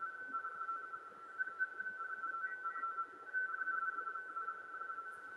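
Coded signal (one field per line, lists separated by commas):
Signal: RTTY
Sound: continuous warbling two-tone teletype chatter, rapid alternation between two close pitches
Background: radio static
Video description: a screen capture of the free Airlink Express software decoding a RTTY (Radio Teletype) transmission on 40 meters. The message is a bulletin from the ARRL headquarters W1AW.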